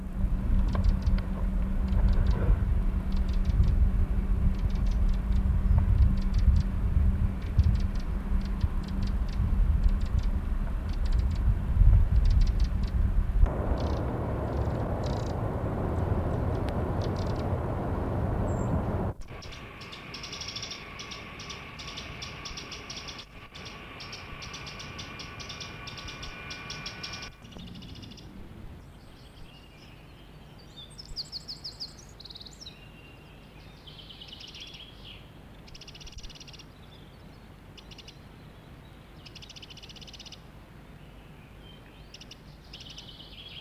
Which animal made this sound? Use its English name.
Eurasian Wren